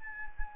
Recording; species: mosquito wingbeat signal from an infrared sensor; Anopheles arabiensis